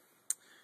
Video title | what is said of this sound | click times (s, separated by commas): 2011 Mustang GT/CS JLT oil separator install | and uh it's right by your oil cap and just press down to you here click | 0.3 s